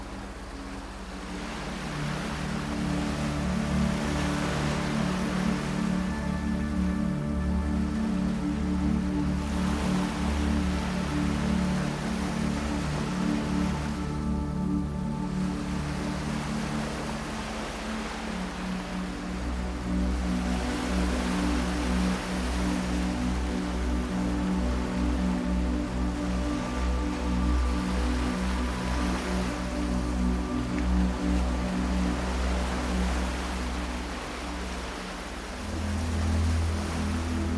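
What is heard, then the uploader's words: Ocean waves wash in a steady, dense hiss that swells and eases every few seconds, with softer lulls near 3, 15 and 35 seconds. Beneath it, low sustained tones hum continuously, shifting to a different pitch around 18 seconds and again near 36 seconds. A blend of ocean waves and 17Hz frequency binaural beats.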